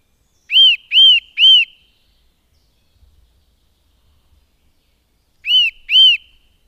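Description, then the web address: Eurasian nuthatch calling: a quick run of three loud, arched, whistled notes, then silence, then two more of the same piping notes. "agykontroll Madardalok Cd 1. Csuszka"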